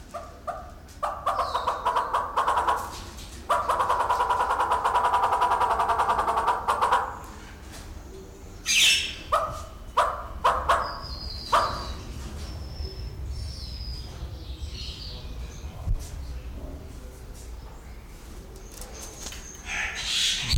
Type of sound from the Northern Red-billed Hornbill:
call